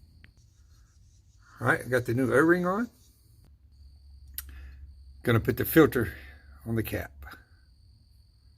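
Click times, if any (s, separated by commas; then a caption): none. On a 2008 Ford F350 6.4 diesel, a new oil filter element is handled near its plastic filter cap, which now has a fresh o-ring. Someone talks in two stretches, with quiet handling noise and a single faint tap around 4.4 s between them. Nothing has seated or clicked yet.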